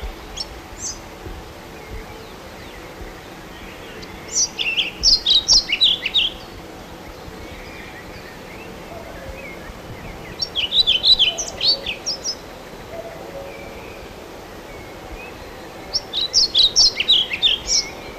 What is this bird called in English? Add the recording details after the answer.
European Pied Flycatcher. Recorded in the wild. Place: Fleisbach, DE. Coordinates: 50.6408, 8.30472. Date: 1964-05-09 18:00. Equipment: Uher Report 4000, AKG D190. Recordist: Krey, Winfried. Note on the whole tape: Gesang